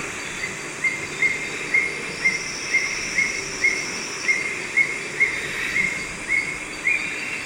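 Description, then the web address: Crested eagle calling: a long, regular series of brief high notes about twice a second, with a constant buzzing insect chorus behind. Ecuador. "Natures Songs S America Birds of Ecuador. Crested Eagle"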